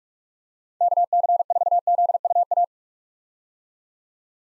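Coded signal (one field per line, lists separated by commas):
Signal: Morse code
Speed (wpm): 41 wpm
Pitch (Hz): 700 Hz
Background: none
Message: KC4ZUA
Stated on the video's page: Morse practice at 45wpm sending common POTA hunter callsigns, each sent, spoken, then sent again.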